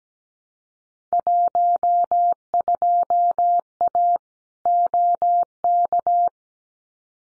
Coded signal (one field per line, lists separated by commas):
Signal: Morse code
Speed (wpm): 17 wpm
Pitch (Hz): 700 Hz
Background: none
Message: 12A OK